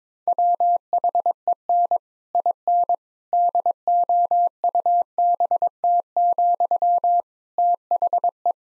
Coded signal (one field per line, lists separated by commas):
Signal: Morse code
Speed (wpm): 22 wpm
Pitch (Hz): 700 Hz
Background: none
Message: WHEN IN DOUBT, THE